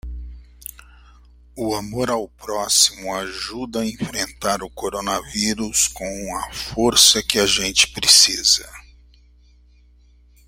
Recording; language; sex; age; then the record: spoken sentence; Brazilian Portuguese; male; 50 to 59 years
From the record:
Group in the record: control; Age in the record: 57 years